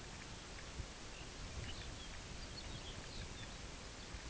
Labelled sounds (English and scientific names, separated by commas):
Lapland Longspur (Calcarius lapponicus)